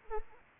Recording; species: mosquito wingbeat signal from an infrared sensor; Anopheles arabiensis